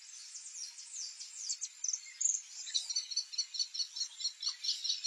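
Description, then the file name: Kestrel-type calls: a rapid run of sharp, high kee notes in the second half, over a steady high hum and scattered chirps. "canto do kestrel"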